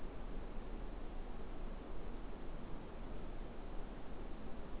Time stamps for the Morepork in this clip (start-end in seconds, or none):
none